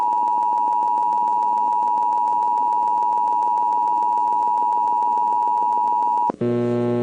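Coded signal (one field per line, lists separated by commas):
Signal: Emergency Alert System (SAME) tones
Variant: 853 and 960 Hz attention tone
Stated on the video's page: Received EAS alerts from various US states, Canada and US territories.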